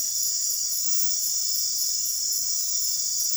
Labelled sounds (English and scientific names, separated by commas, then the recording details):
none
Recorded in dense forest near Puerto Asís, Putumayo, Colombia, on 9 March 2025 at 01:30
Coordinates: 0.503, -76.323
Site GP09